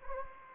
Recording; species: mosquito wingbeat signal from an infrared sensor; Anopheles gambiae